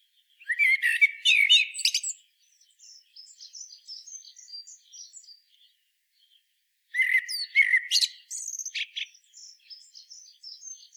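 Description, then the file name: Common blackbird song: two loud fluty phrases with squeaky twitters, each followed by quieter, thin high twittering. "Turdus merula"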